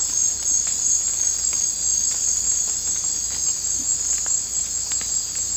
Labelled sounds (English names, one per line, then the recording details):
none
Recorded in dense forest near Puerto Asís, Putumayo, Colombia, on 18 December 2024 at 01:30
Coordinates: 0.466, -76.327
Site G075